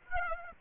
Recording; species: mosquito wingbeat signal from an infrared sensor; Aedes aegypti